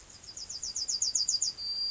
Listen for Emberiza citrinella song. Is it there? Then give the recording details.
yes. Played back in grassland. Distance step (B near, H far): E. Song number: 111